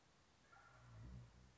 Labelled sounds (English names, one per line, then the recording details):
Wild Turkey
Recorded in Sonoma County, California